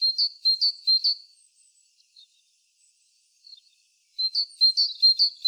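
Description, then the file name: Great tit calls: four crisp, evenly spaced high notes, near silence with a few faint sounds, then a fast, steady series of repeated notes. "Parus major"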